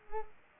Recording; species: mosquito wingbeat signal from an infrared sensor; Culex pipiens